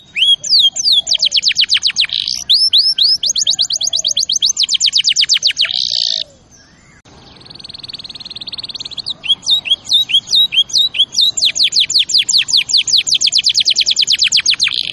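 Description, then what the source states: Canary singing long fast trills of repeated sharp notes, a brief pause, then a buzzy flat tour before more rapid trilling; faint low chirps in the background. Champion canary song used as a tutor recording (masteran) for training other birds.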